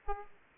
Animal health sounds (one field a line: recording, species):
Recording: mosquito wingbeat signal from an infrared sensor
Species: Aedes aegypti